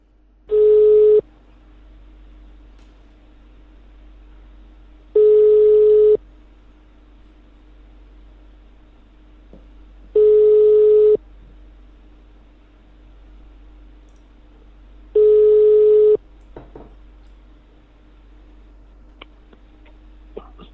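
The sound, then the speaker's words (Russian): A phone ringback tone while redialing a number repeats four times: steady, mid-pitched one-second beeps spaced about four seconds apart, each followed by quiet line hiss. Nobody speaks. “Сейчас еще раз из деньги на дом наберу черту.”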